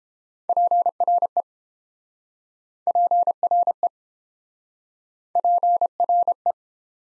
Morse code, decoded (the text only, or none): PRE PRE PRE